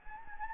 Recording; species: mosquito wingbeat signal from an infrared sensor; Anopheles gambiae